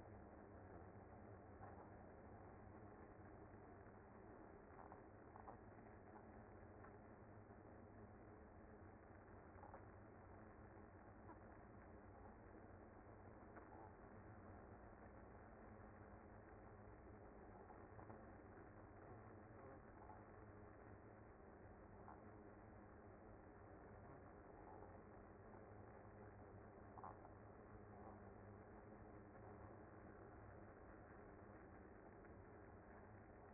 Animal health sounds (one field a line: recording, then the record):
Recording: honeybee colony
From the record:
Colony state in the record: active